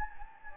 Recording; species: mosquito wingbeat signal from an infrared sensor; Anopheles gambiae